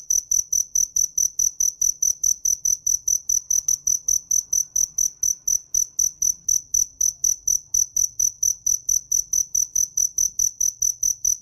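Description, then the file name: Cricket giving an unbroken series of shrill, even, rapid chirps, continuing without pause throughout. "Tieng des keu"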